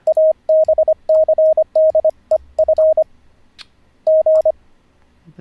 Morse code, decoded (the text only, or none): ABCDEF G